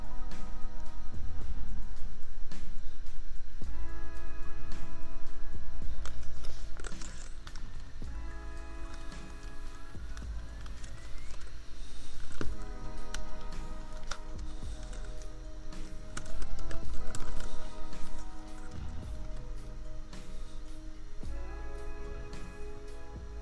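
Keyboard tapping runs throughout as a steady patter of small, sharp clicks over a lofi beat with held chords and a low thumping bass. A steady laptop fan hum sits underneath. The music is loudest early, then drops back around ten seconds and swells again near seventeen.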